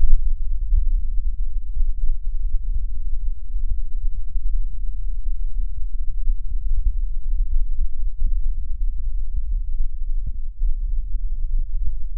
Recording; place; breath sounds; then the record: lung sounds by stethoscope; right posterior upper chest; normal breath sounds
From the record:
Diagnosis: none (healthy); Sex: female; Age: 81 years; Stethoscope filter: bell mode, 20 to 200 Hz